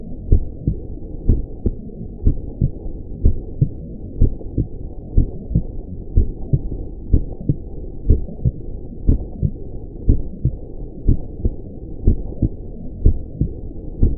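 Steady, low, muffled lub-dub thumps repeat at about 60 beats a minute, with a soft low hum between beats. It is a mono heartbeat sound effect.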